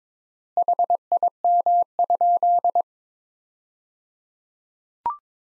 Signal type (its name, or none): Morse code